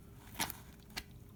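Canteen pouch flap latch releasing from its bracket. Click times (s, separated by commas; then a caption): 0.5 s, 1.0 s. A tab on the latch of a Dutch Army canteen pouch is grabbed and pulled. The latch releases from its bracket with clicks at 0.5 s and 1.0 s, and the pouch flap comes right open.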